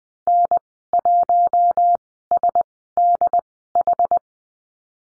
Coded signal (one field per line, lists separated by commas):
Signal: Morse code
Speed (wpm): 20 wpm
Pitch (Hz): 700 Hz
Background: none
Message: N1SDH